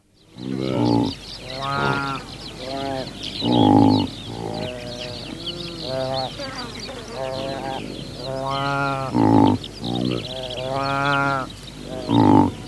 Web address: saiga antelope